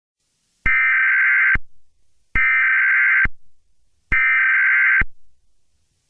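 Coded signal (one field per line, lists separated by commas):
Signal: Emergency Alert System (SAME) tones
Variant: header bursts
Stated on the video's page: Fictional EAS scenario, a recreation of a chemical spill alert.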